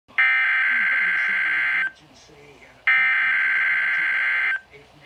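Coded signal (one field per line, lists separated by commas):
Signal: Emergency Alert System (SAME) tones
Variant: header bursts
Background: speech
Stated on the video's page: Required Weekly Test received on a weather radio from a NOAA weather station; no advisory tone sounded.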